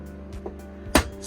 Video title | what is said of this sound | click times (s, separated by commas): 🚴‍♂️ Compact & Powerful! - Gotrax Nephele 16" Folding Ebike Review | can push the seat back down snaps in place | 0.9 s